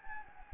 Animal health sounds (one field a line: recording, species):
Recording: mosquito wingbeat signal from an infrared sensor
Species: Anopheles gambiae